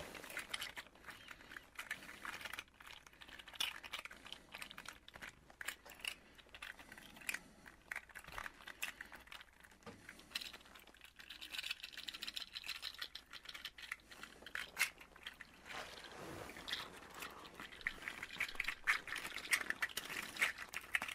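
Leather coat sounds, made of dense, irregular crackles and soft clicks that patter on without pause for the whole 21 seconds. The texture is light and fairly bright. It thickens around 16 seconds with a brief rubbing swell, then grows slightly busier toward the end.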